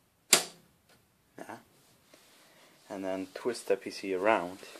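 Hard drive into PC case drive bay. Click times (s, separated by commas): 0.3 s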